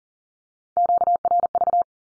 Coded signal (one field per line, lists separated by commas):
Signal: Morse code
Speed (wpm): 38 wpm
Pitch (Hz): 700 Hz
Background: none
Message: QRV